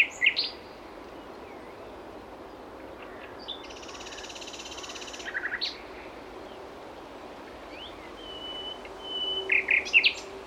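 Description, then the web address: Common nightingale song: sparse sharp notes, a buzzy rattling phrase and a long thin whistle, with brief loud chirps at the start and end. "SETE data Luscinia megarhynchos"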